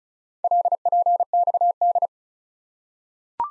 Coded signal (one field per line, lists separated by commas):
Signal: Morse code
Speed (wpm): 36 wpm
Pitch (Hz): 700 Hz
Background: none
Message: LPXD